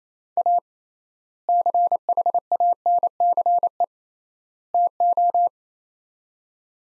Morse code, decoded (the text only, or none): A CHANCE TO